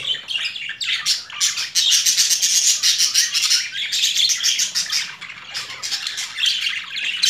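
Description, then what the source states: Budgerigar chatter: a dense, rapid warble of buzzy, scratchy notes and clicks, almost without pause. Female budgerigar; mixed sounds.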